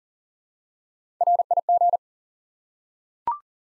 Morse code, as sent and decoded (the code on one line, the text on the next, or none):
.-. .. --.
RIG